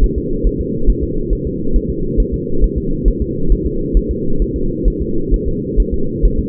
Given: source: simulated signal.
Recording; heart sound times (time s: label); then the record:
fetal heart sounds
0.04 s: S1
0.18 s: S2
0.47 s: S1
0.61 s: S2
0.90 s: S1
1.04 s: S2
1.33 s: S1
1.47 s: S2
1.76 s: S1
1.90 s: S2
2.20 s: S1
2.34 s: S2
2.64 s: S1
2.78 s: S2
3.08 s: S1
3.22 s: S2
3.52 s: S1
3.66 s: S2
3.97 s: S1
4.11 s: S2
4.42 s: S1
4.56 s: S2
4.88 s: S1
5.02 s: S2
5.34 s: S1
5.48 s: S2
5.80 s: S1
5.94 s: S2
6.25 s: S1
6.39 s: S2
From the record:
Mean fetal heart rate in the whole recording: 135 bpm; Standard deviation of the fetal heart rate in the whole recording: 3 bpm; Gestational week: 36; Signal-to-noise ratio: -8.1 dB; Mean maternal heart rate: 72 bpm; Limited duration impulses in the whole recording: present